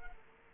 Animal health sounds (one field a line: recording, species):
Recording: mosquito wingbeat signal from an infrared sensor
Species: Culex quinquefasciatus